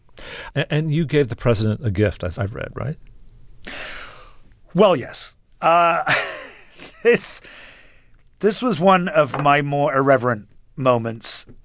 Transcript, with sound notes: And you gave the president a gift, as I've read, right?
Well, yes (laughter). This was one of my more irreverent moments.